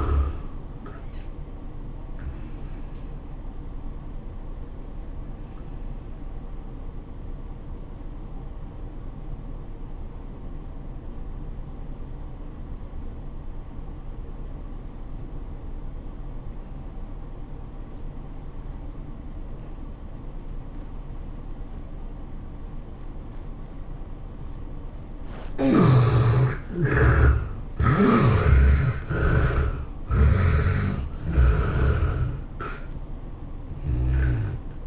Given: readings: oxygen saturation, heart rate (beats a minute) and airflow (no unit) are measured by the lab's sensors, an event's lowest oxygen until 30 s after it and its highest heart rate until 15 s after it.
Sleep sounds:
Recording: breathing in sleep by a smartphone at the bedside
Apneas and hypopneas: 1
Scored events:
4.00-25.80 s: obstructive apnea (N1, oxygen 95% highest, then 73% lowest, heart rate 105 at the start, 106 highest)
30.00-34.87 s: new sleep stage, N2 (light sleep)
From the record:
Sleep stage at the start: N1 (lightest sleep)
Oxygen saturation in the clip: 69 to 95%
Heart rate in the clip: 81 to 107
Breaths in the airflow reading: 5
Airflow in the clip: -14.4 to 15.3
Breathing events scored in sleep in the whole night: 403 in 5.5 hours asleep

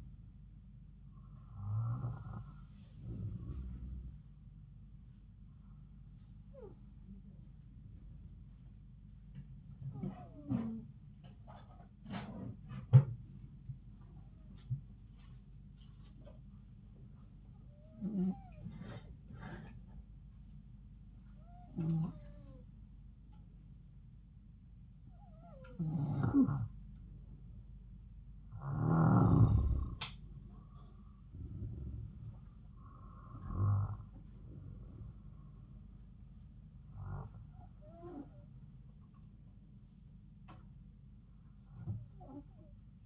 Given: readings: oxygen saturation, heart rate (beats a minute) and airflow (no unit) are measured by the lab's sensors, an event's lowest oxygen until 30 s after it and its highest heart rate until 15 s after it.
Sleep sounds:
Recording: breathing in sleep by a smartphone at the bedside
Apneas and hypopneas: 1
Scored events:
12.00-28.80 s: hypopnea (N2, oxygen 94% highest, then 91% lowest, heart rate 74 at the start, 76 highest)
From the record:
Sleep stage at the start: N2 (light sleep)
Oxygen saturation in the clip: 91 to 94%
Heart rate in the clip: 69 to 76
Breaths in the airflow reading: 10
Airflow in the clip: -4.9 to 7.4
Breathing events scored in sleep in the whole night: 270 in 6.1 hours asleep

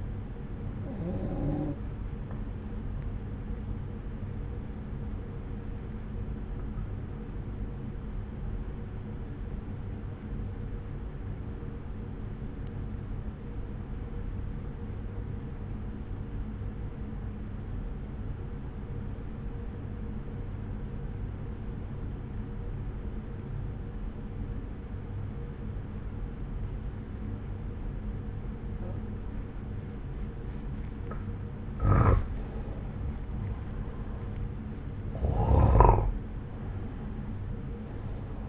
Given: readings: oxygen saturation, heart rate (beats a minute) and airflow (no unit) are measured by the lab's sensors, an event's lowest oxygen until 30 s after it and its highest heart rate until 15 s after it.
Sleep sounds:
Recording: breathing in sleep by a smartphone at the bedside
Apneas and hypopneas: 1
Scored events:
7.00-32.60 s: obstructive apnea (N1, oxygen 96% highest, then 89% lowest)
9.00-38.49 s: new sleep stage, N2 (light sleep)
From the record:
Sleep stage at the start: N1 (lightest sleep)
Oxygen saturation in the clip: 88 to 96%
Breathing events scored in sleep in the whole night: 303 in 8.1 hours asleep

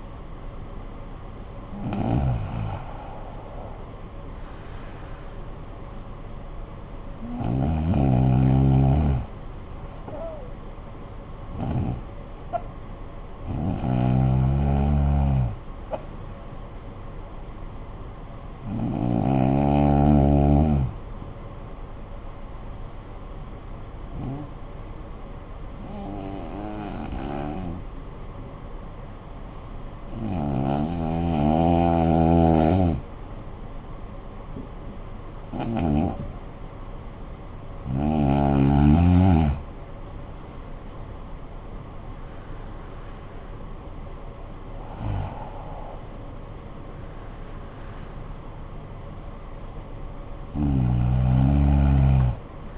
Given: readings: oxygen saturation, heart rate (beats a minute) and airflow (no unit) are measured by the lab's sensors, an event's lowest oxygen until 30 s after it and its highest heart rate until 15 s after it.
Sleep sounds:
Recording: breathing in sleep by a smartphone at the bedside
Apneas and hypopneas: 1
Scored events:
21.00-39.10 s: hypopnea (REM, oxygen 95% highest, then 83% lowest, heart rate 52 at the start, 59 highest)
From the record:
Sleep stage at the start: REM sleep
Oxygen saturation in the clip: 71 to 95%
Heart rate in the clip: 48 to 59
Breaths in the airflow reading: 12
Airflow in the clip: -17.1 to 13.8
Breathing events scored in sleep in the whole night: 445 in 7.6 hours asleep

